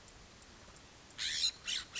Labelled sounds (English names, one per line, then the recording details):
California Scrub-Jay
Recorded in Sonoma County, California